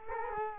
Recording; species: mosquito wingbeat signal from an infrared sensor; Culex quinquefasciatus